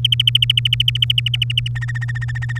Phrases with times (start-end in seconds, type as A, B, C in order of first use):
0.04-1.68 A, 1.75-2.59 B